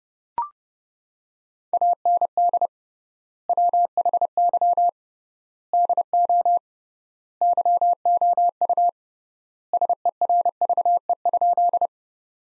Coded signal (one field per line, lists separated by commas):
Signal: Morse code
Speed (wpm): 30 wpm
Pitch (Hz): 700 Hz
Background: none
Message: AND WHY DO YOU SERVE?